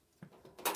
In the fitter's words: and click into place